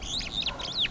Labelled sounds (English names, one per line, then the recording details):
Superb Starling flight call
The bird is a male
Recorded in Kenya on 13 April 2009 at 07:40
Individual 15, of group CF2